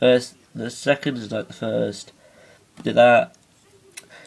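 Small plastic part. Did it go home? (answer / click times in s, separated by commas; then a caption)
yes / 4.0 s. A plastic part of a transforming toy robot is pushed into its locked position while someone talks. A short, sharp click is heard at 3.98 s, and the toy figure's joint clicks into place and is seated.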